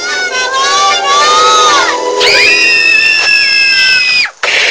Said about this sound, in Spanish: Niños jugando con sus bromas, que se callen, por favor.